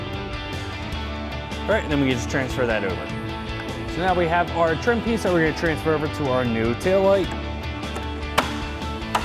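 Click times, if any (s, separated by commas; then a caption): 8.4 s, 9.1 s. Someone talks over background music while transferring the plastic trim piece from the old tail light onto a new Form Lighting LED tail light housing for a 2024-2025 Mustang. The trim piece is tapped into place, with sharp taps at 8.4 s and 9.2 s, and it is seated.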